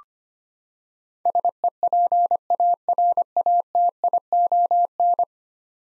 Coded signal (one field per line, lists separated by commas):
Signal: Morse code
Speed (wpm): 25 wpm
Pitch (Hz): 700 Hz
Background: none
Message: SEPARATION